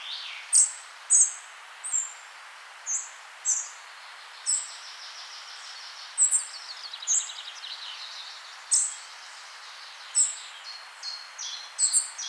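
Bird singing sharp, high chirps at irregular intervals, some in quick pairs, with a steady hiss behind them.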